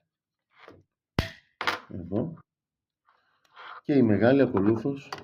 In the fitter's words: Θα κουμπώσουμε το μικρό ταμπελάκι του PLU πίσω